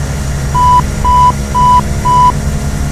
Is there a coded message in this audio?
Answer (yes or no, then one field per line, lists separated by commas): no